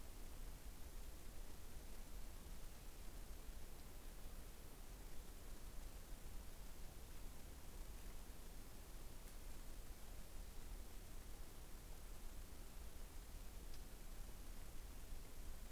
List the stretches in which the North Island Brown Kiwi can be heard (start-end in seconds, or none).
none